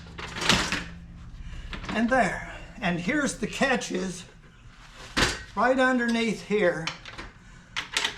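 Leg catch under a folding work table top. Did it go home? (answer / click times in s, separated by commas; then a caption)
released / 7.8 s, 8.0 s. Someone talks while pulling the two leg catches under the top of a VEVOR folding work table and sawhorse, one after the other, to release the leg section. Two short, sharp clicks are heard at 7.8 s and 8.0 s as the catches are pulled, releasing the leg.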